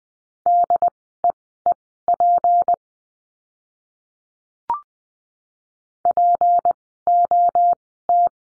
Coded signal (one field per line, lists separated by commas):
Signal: Morse code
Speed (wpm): 19 wpm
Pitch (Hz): 700 Hz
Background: none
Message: DEEP POT